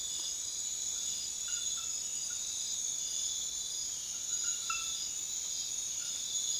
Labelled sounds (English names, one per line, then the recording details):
none
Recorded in secondary vegetation near Puerto Asís, Putumayo, Colombia, on 28 February 2025 at 02:00
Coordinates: 0.500, -76.326
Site GP04